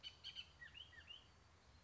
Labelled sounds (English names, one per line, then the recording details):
Bullock's Oriole
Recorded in Sonoma County, California